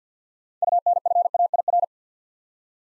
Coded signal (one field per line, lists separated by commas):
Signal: Morse code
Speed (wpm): 52 wpm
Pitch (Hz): 700 Hz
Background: none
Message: UNFAIR